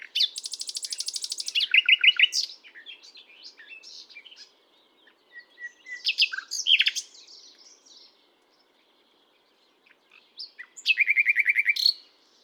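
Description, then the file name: Common nightingale song: a fast buzzy trill, then a low harsh rattle of repeated notes, scattered chirps, and a closing rapid pulsed phrase. "Luscinia megarhynchos"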